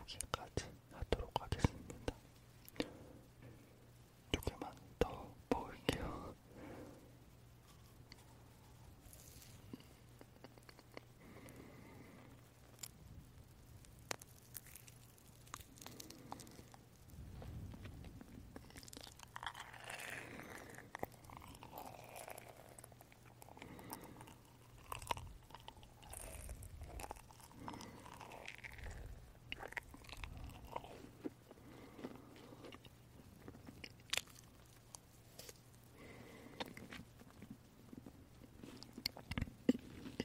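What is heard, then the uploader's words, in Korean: Soft chewing of marshmallows, with squishy, sticky mouth sounds and occasional sharper clicks and bites, loudest around 5 and near the end. A low steady hum runs underneath throughout. 마쉬멜로우 이팅 사운드.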